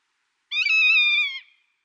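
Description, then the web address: Rough-legged buzzard calling once, a single cat-like mewing whistle about a second long, steady in pitch and fading at the end. "Schulze Peter Rough-legged Buzzard"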